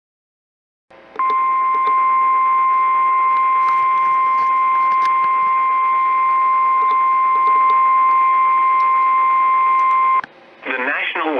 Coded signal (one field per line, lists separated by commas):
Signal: Emergency Alert System (SAME) tones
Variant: 1050 Hz attention tone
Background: speech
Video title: River Flood Warning (EAS #183)(12/14/19)